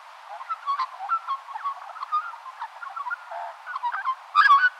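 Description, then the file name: Magpie chattering and warbling calls, a run of short varied notes across about five seconds, ending in a louder harsh burst. "BIRD MAGPIE"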